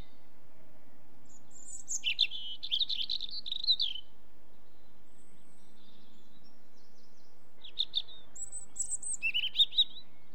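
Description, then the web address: European robin song in two sweet, high, warbling phrases of tumbling notes separated by a pause of several seconds, with soft low background noise. "BBC Sound Effects Library. Robin"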